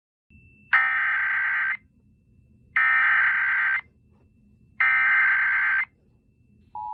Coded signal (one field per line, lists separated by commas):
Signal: Emergency Alert System (SAME) tones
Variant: header bursts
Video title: EAS Scenario: The 450 MPH Tornado